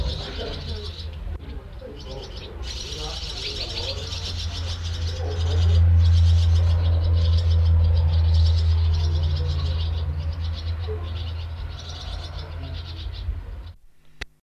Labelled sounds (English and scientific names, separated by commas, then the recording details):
Barn Swallow (Hirundo rustica) call
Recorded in the wild
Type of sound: call
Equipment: Halbspur, 9,5 cm/s
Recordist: Lütgens, Hans
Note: Fütterung im Nest beim Flüggewerden